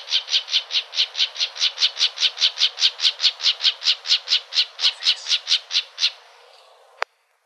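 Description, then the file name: Plumbeous Vireo calls: a rapid run of rasping, buzzy notes that stops after about six seconds, followed by a single sharp click. Calls recorded in Arizona. "PLVI CALLS deviche"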